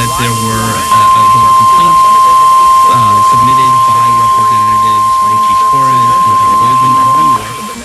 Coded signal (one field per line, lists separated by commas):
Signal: Emergency Alert System (SAME) tones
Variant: 1050 Hz attention tone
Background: speech